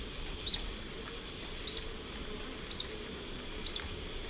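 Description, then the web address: Olive-faced flycatcher song of sharp, high, thin notes spaced about a second apart, the first softer than the rest, over a steady hissing background. Eastern lowlands of South America. "Natures Songs S America Eastern Lowlands Tolmomyias viridiceps, song"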